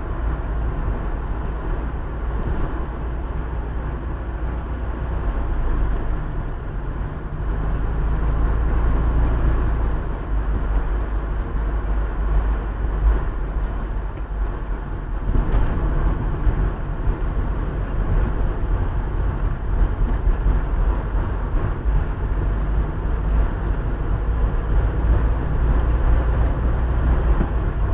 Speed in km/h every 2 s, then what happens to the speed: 44, 38, 34, 35, 37, 39, 40, 40, 35, 32, 30, 29, 32, 34.
0-4 slows to 34. 4-14 speeds up to 40. 14-21 slows to 29. 21-28 steady at about 32.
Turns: none.